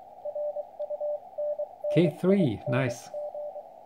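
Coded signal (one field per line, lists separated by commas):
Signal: Morse code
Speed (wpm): 25 wpm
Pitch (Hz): 590 Hz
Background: speech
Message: RUNNING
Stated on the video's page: CW contacts on 40m using an 8010P end-fed antenna installed on a roof.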